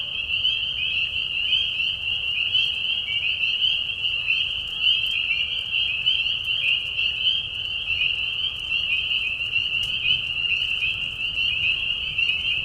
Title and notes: Peeper frogs in the spring. Peeper frogs in a marsh at night. This is a mating call that happens during a very short season in the Spring. The high whistles at a low volume. Tiny Marsh Conservation area in Tiny, Ontario. Anton Pickard. Music for Sleep